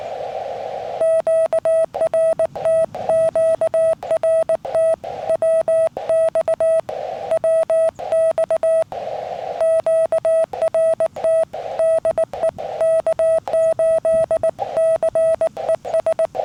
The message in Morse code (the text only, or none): QRT QRT WX WX QRT DE K8CES